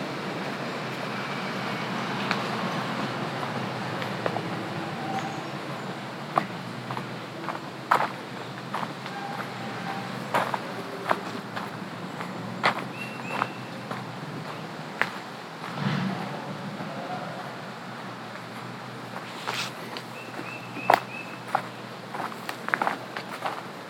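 Boots crunch and scuff on gravel in an uneven walking rhythm, with sharp clicks scattered throughout over a steady low rumble. Faint, brief bird calls appear now and then, most clearly around the middle and near the end.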